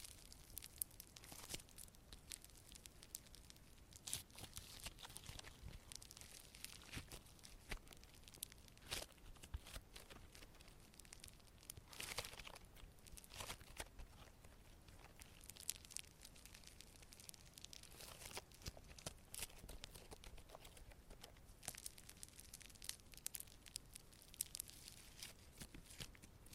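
Slime being squeezed and worked makes a dense run of wet crackles, pops and squelches that never lets up for the whole stretch. Sharp, bright snaps stand out every second or so over a soft, steady sticky churn.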